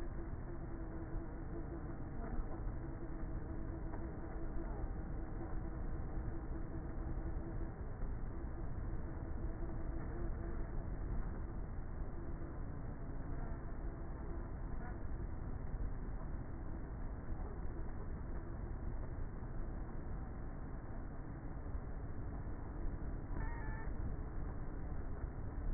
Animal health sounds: honeybee colony, microphone inside the hive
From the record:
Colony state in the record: queenless with a low population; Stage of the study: before two queens were removed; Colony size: about 30,000 bees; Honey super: no

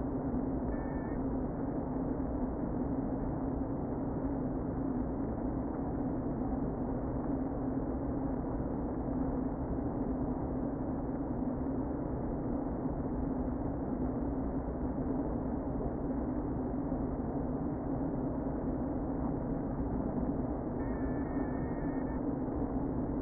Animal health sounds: honeybee colony, microphone inside the hive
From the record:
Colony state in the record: queen present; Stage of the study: before two queens were removed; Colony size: about 60,000 bees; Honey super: yes

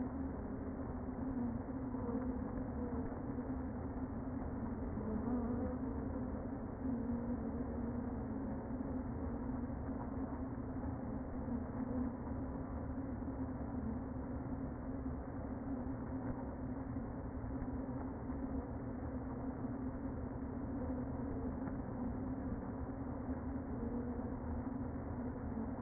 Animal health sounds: honeybee colony, microphone inside the hive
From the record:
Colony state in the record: queen present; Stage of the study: before two queens were removed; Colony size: about 60,000 bees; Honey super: yes

